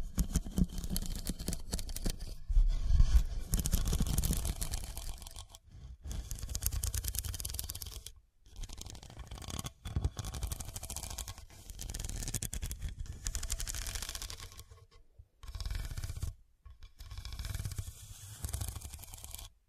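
Scratching comes in rough bursts of gritty, rasping strokes, dense and fairly even within each run. Short silences break the bursts near 6, 8, 15 and 16.5 seconds, and the louder, lower-toned scraping near the start gives way to lighter, brighter strokes.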